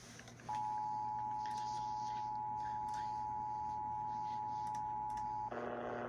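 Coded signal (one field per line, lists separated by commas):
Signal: Emergency Alert System (SAME) tones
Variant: 853 and 960 Hz attention tone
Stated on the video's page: EAS tests and relays received from an AM radio station.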